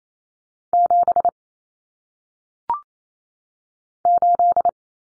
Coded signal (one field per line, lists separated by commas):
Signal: Morse code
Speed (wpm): 28 wpm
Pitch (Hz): 700 Hz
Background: none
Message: 7 8